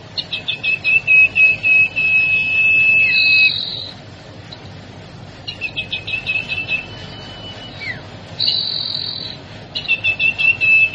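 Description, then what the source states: Sirtu song in repeated bouts of fast, evenly spaced high chirps, each running into a level whistle or a buzzy trill, continuing throughout with short pauses. Masteran training song for cage birds, with the full variety of sirtu song variations.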